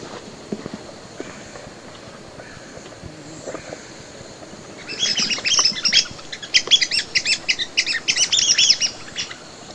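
Red-cockaded woodpecker calls: after a quiet start, a rapid burst of squeaky, harsh chattering notes, several per second, continuing for about four seconds.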